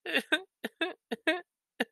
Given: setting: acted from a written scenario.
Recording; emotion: vocal sound without words; sadness